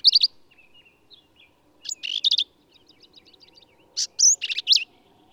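Black-capped vireo song of scratchy, squeaky phrases with soft ticking notes between them over a faint low hum in the background.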